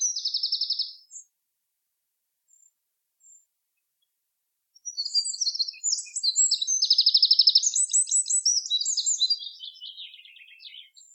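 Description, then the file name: Eurasian wren song, a loud high trilling burst near the start, then after a pause a long rapid run of shrill notes and rattling trills, ending in descending twitters. "peukaloinen"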